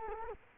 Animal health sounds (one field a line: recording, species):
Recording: mosquito wingbeat signal from an infrared sensor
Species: Culex quinquefasciatus